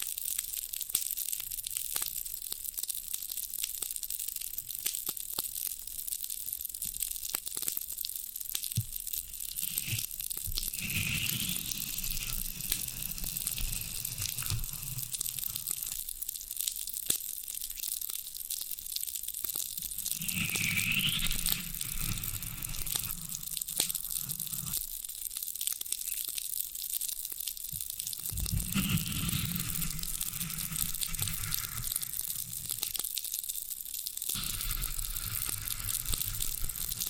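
Floral foam being handled, with a constant dense crackle and hiss of crumbling foam throughout. Heavier crushing bursts with low thuds arrive around 10–13, 20–24 and 28–31 seconds, each with a short rising squeak, then ease back to fine crinkling.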